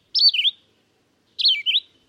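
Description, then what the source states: Gray Catbird uttering two brief squeaky, wavering phrases that drop in pitch, a little over a second apart, with silence between. Eats poison ivy berries in late summer and fall; not sensitive to urushiol.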